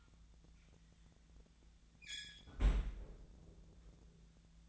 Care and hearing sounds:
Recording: daily activity, microphone in the room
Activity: close fridge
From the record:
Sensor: 3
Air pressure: 1009.6 hPa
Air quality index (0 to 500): 193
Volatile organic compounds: 15 ppm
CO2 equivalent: 2505 ppm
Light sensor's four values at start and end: 38/93/40/43 and 37/93/40/42

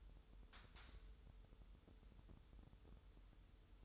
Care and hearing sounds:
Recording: daily activity, microphone in the room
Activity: take from stove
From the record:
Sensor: 3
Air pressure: 988.3 hPa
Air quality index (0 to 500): 191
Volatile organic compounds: 264 ppm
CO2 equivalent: 4396 ppm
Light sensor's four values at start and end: 24/75/31/27 and 24/75/31/27

